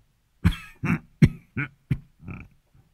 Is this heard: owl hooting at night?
no